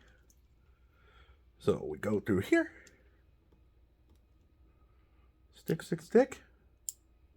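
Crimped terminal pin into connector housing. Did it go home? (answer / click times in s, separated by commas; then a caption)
yes / 6.9 s. Someone talks while a second crimped terminal pin is pushed into a connector housing, and a sharp click is heard at 6.9 s. The terminal pin seats in the connector.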